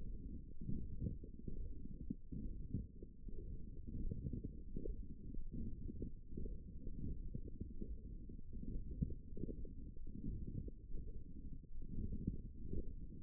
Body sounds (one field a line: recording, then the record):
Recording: forearm muscle sounds (acoustic myography)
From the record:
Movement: forearm pronation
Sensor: system 1, eight BSWA MPA416 microphones around the upper forearm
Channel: 4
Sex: male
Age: 23 years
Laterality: right